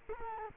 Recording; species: mosquito wingbeat signal from an infrared sensor; Culex quinquefasciatus